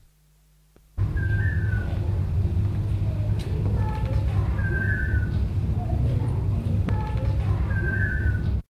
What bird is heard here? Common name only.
Long-tailed Manakin